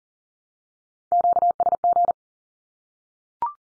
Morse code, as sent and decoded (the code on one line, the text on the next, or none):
--.- ... --.
QSG